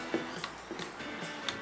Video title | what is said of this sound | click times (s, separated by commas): #162 - Akumulatorowe urządzenie wielofunkcyjne 4w1 Parkside PKGA 20-Li A1 | No i nie, musimy dźwignię przełożyć, dopiero wpada i zaskakuje. | none